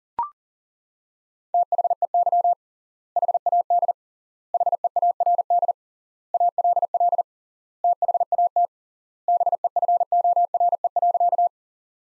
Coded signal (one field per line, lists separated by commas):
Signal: Morse code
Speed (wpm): 37 wpm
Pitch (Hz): 700 Hz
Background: none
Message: THEY HAD HEARD ALL THAT BEFORE.